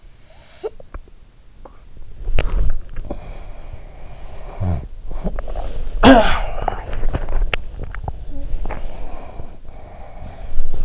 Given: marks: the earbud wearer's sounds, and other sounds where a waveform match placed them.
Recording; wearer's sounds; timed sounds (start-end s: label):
sounds in sleep by an in-ear microphone; snoring breath, swallowing, cough or throat clearing or sniffle, breath
0.00-1.54 s: snoring breath
2.20-3.68 s: swallowing
4.05-5.48 s: snoring breath
4.97-6.97 s: cough or throat clearing or sniffle
6.97-8.50 s: swallowing
8.91-10.85 s: breath